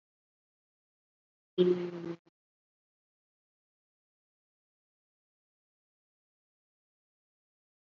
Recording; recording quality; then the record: sustained vowel as in beet; excellent, no background noise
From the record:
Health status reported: COVID-19 positive, mild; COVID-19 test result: positive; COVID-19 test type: RT-PCR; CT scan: not taken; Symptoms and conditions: fatigue, diabetes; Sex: female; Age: 49 years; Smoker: no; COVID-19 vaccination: both doses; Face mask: worn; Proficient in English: no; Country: India